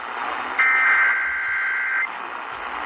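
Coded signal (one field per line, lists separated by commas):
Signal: Emergency Alert System (SAME) tones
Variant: header bursts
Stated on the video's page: Alerts captured on weather radio (162.525, 162.475 MHz) and AM and FM broadcast stations.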